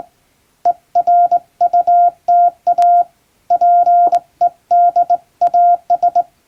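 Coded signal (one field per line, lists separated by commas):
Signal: Morse code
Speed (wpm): 22 wpm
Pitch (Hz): 700 Hz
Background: none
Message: ERUTA PEDAS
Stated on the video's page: English Morse test practice sent on a straight key by a first-class radiotelegraph operator in Japan.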